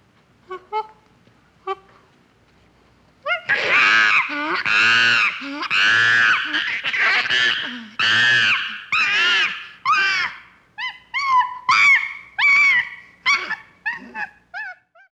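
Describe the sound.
Chimpanzee screeching, two short calls, then a long run of loud harsh screams, followed by shorter tonal squealing cries in rapid succession.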